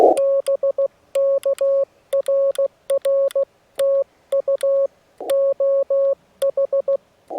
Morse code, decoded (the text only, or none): BK RR TU OH